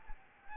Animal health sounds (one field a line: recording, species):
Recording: mosquito wingbeat signal from an infrared sensor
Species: Aedes albopictus